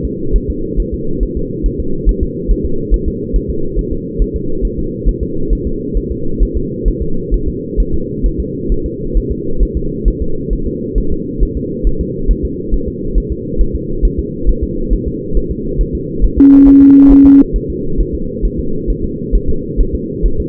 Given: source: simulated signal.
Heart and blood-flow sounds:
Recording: fetal heart sounds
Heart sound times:
0.05 s: S2
0.36 s: S1
0.50 s: S2
0.80 s: S1
0.94 s: S2
1.23 s: S1
1.37 s: S2
1.66 s: S1
1.80 s: S2
2.09 s: S1
2.23 s: S2
2.51 s: S1
2.66 s: S2
2.94 s: S1
3.08 s: S2
3.36 s: S1
3.50 s: S2
3.79 s: S1
3.93 s: S2
4.22 s: S1
4.36 s: S2
4.65 s: S1
4.79 s: S2
5.09 s: S1
5.23 s: S2
5.53 s: S1
5.67 s: S2
5.97 s: S1
6.12 s: S2
6.43 s: S1
6.57 s: S2
6.88 s: S1
7.02 s: S2
7.34 s: S1
7.48 s: S2
7.80 s: S1
7.94 s: S2
8.26 s: S1
8.40 s: S2
8.72 s: S1
8.86 s: S2
9.17 s: S1
9.32 s: S2
9.63 s: S1
9.77 s: S2
10.08 s: S1
10.22 s: S2
10.53 s: S1
10.67 s: S2
10.98 s: S1
11.12 s: S2
11.43 s: S1
11.57 s: S2
11.87 s: S1
12.01 s: S2
12.31 s: S1
12.45 s: S2
12.74 s: S1
12.88 s: S2
13.18 s: S1
13.32 s: S2
13.61 s: S1
13.75 s: S2
14.05 s: S1
14.19 s: S2
14.49 s: S1
14.63 s: S2
14.93 s: S1
15.07 s: S2
15.37 s: S1
15.51 s: S2
15.81 s: S1
15.95 s: S2
16.24 s: S1
16.38 s: S2
16.68 s: S1
16.82 s: S2
17.12 s: S1
17.26 s: S2
17.56 s: S1
17.70 s: S2
18.00 s: S1
18.15 s: S2
18.45 s: S1
18.59 s: S2
18.90 s: S1
19.04 s: S2
19.35 s: S1
19.49 s: S2
19.80 s: S1
19.95 s: S2
20.26 s: S1
20.40 s: S2
From the record:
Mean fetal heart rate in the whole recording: 135 bpm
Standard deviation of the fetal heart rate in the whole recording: 3 bpm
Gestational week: 36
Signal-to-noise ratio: -8.1 dB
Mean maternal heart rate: 72 bpm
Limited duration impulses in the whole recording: present

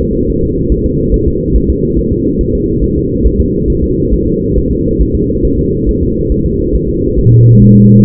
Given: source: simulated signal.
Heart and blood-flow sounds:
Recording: fetal heart sounds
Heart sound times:
0.02 s: S2
0.30 s: S1
0.44 s: S2
0.72 s: S1
0.86 s: S2
1.14 s: S1
1.28 s: S2
1.56 s: S1
1.70 s: S2
1.98 s: S1
2.13 s: S2
2.41 s: S1
2.55 s: S2
2.84 s: S1
2.98 s: S2
3.26 s: S1
3.41 s: S2
3.70 s: S1
3.84 s: S2
4.13 s: S1
4.28 s: S2
4.57 s: S1
4.72 s: S2
5.01 s: S1
5.16 s: S2
5.45 s: S1
5.59 s: S2
5.89 s: S1
6.03 s: S2
6.32 s: S1
6.46 s: S2
6.75 s: S1
6.90 s: S2
7.19 s: S1
7.33 s: S2
7.62 s: S1
7.76 s: S2
From the record:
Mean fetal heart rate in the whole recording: 140 bpm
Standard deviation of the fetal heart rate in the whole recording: 2 bpm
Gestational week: 34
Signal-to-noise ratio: -10.2 dB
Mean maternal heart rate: 72 bpm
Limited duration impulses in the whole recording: present

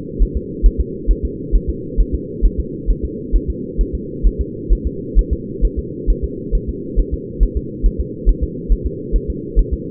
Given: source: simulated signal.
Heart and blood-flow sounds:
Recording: fetal heart sounds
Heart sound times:
0.23 s: S1
0.37 s: S2
0.66 s: S1
0.80 s: S2
1.11 s: S1
1.25 s: S2
1.55 s: S1
1.70 s: S2
2.00 s: S1
2.15 s: S2
2.45 s: S1
2.60 s: S2
2.91 s: S1
3.05 s: S2
3.36 s: S1
3.50 s: S2
3.81 s: S1
3.95 s: S2
4.27 s: S1
4.41 s: S2
4.73 s: S1
4.87 s: S2
5.19 s: S1
5.33 s: S2
5.65 s: S1
5.79 s: S2
6.10 s: S1
6.24 s: S2
6.55 s: S1
6.69 s: S2
6.99 s: S1
7.14 s: S2
7.43 s: S1
7.57 s: S2
7.86 s: S1
8.00 s: S2
8.29 s: S1
8.43 s: S2
8.72 s: S1
8.87 s: S2
9.16 s: S1
9.30 s: S2
9.59 s: S1
9.73 s: S2
From the record:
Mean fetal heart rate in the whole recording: 135 bpm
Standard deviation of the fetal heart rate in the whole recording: 3 bpm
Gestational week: 36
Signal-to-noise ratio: -4.1 dB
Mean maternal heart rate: no maternal heart sound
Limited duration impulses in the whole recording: absent

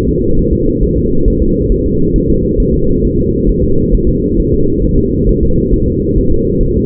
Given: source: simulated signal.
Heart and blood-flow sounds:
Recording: fetal heart sounds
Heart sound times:
0.09 s: S2
0.39 s: S1
0.53 s: S2
0.83 s: S1
0.97 s: S2
1.28 s: S1
1.42 s: S2
1.72 s: S1
1.86 s: S2
2.16 s: S1
2.30 s: S2
2.60 s: S1
2.74 s: S2
3.05 s: S1
3.19 s: S2
3.49 s: S1
3.63 s: S2
3.94 s: S1
4.08 s: S2
4.40 s: S1
4.54 s: S2
4.84 s: S1
4.98 s: S2
5.29 s: S1
5.43 s: S2
5.74 s: S1
5.88 s: S2
6.18 s: S1
6.32 s: S2
6.63 s: S1
6.77 s: S2
From the record:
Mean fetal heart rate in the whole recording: 135 bpm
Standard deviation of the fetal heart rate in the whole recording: 3 bpm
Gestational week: 36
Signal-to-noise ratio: -16.4 dB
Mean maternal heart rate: 72 bpm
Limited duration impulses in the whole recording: present

